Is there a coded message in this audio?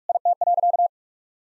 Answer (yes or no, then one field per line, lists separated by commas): yes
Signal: Morse code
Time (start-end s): 0.1-0.9 s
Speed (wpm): 44 wpm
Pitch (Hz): 700 Hz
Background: none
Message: IT.